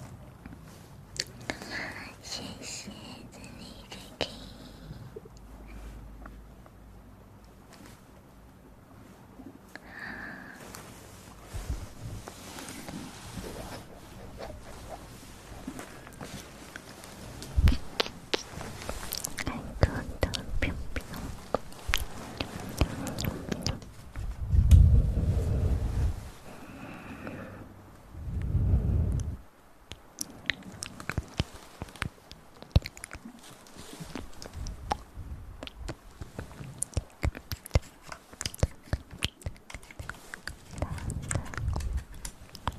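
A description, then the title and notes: Ear massage and mouth sounds: soft rubbing and wet clicks, quiet at first, then growing denser and louder after about seventeen seconds. Irregular bursts of crackly friction and thumps peak around twenty-five and twenty-nine seconds, with chewing-like smacks scattered throughout. Intense Ear Massage & Mouth Sounds.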